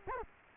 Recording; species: mosquito wingbeat signal from an infrared sensor; Culex quinquefasciatus